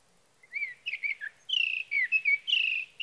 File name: Sage Thrasher